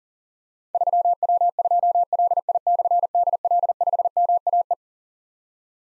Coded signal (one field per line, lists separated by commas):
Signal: Morse code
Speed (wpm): 40 wpm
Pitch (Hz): 700 Hz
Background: none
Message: 3W2LI/DL5MAE